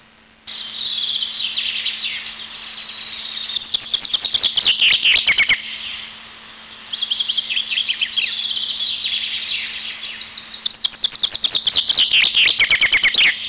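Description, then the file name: Eurasian chaffinch song: bright, rapid chirping phrases of quick strokes, nearly continuous with a brief lull near six seconds, plus a steady low hum. "erdei pinty"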